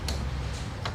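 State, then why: Seated. A lawn mower module, with its levers pushed down first, is attached to the front of a yard robot. Two sharp clicks sound at 0.1 s and 0.9 s over a low steady hum. The module locks into place on the robot chassis.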